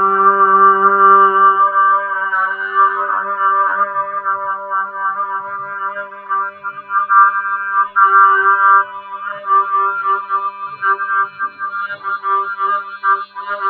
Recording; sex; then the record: sustained vowel /a/; female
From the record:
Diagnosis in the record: Parkinson's disease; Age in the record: 63 years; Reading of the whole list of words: 61 s, 4.6 characters per second